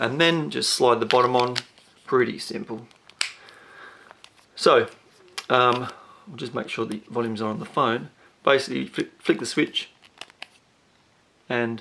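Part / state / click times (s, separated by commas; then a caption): bottom cap of a phone battery case onto the case body / seated / 3.2 s. Someone talks while fitting the plastic bottom cap onto a Mophie Juice Pack Helium battery case for the iPhone 5 and 5S, after the phone has been dropped into the case and pushed into place. The bottom section is slid on and snaps home with a sharp click at 3.2 s, seating the cap on the case body. A few softer clicks follow later in the clip.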